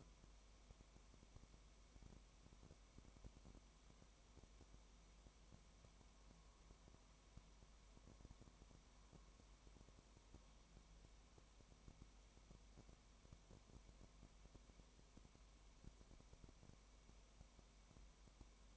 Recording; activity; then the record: daily activity, microphone in the room; no activity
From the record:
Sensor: 1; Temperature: 19.0 degrees Celsius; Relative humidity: 34.1%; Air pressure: 1001.3 hPa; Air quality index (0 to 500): 82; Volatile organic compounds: 1 ppm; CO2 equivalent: 821 ppm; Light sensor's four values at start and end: 1/2/1/1 and 1/2/1/1